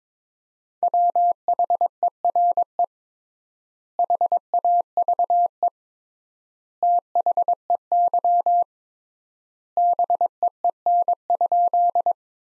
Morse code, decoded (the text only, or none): WHERE HAVE THEY BEEN?